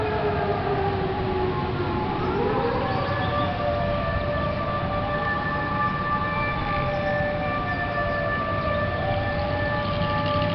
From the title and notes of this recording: Bombing Siren in Caracas. Caracas, the capital of Venezuela that wakes up with the roar of bombing sirens. I live in a large building near the government palace, and a few meters from two large military barracks.